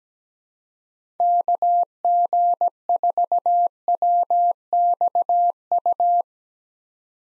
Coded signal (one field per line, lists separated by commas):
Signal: Morse code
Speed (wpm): 17 wpm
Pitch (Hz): 700 Hz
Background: none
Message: KG4WXU